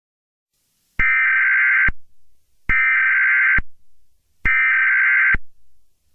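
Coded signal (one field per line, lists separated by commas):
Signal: Emergency Alert System (SAME) tones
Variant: header bursts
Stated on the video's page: Mini EAS scenario, a simulated alert.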